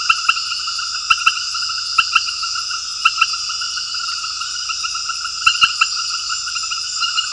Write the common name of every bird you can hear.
none